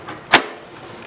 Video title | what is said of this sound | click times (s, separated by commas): Everything You Need to Know About the Bulldog Mini! - Factory Cleaning Equipment by Jon-Don | and it locks in place and at which point you're ready to put your tank back on | 0.3 s